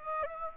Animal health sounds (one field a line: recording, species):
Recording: mosquito wingbeat signal from an infrared sensor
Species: Aedes aegypti